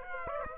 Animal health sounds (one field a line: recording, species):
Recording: mosquito wingbeat signal from an infrared sensor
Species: Aedes aegypti